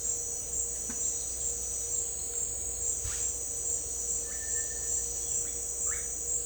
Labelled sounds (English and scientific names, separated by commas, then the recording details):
none
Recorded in secondary vegetation near Puerto Asís, Putumayo, Colombia, on 26 December 2024 at 17:30
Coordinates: 0.488, -76.319
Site GP04